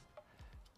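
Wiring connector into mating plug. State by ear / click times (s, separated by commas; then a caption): seated / 0.2 s. A notched plastic wiring connector is lined up by its notches and pushed together into its mating plug while installing an EBMX X-9000 controller on a Surron. A faint, short click is heard at 0.2 s, followed by low rumbling handling noise. The connector is seated and connected.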